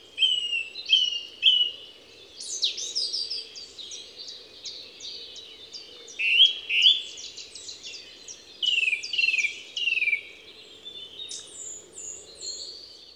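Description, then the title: Song thrush singing a loose series of varied whistled and slurred phrases over a low steady hum. Song thrush recorded at Envirhôna, Les Avenières Veyrins-Thuellin, France, with a Dodotronic stereo parabolic microphone (EM172 capsules) and a Zoom H4n Pro recorder. "Envirhôna, Les Avenières Veyrins-Thuellin, France - Grive musicienne"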